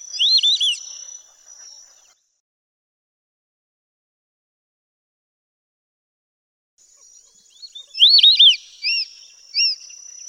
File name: burung belibis muka putih. omkicau